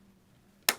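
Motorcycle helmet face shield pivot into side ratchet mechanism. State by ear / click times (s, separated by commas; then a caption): seated / 0.7 s. A motorcycle helmet's face shield, with its brass insert dropped into the hole in the side shield ratchet system, is rotated up until its pivot clicks into the ratchet pod. Faint low hum, then at 0.7 s a single sharp, bright click. The shield is seated in place.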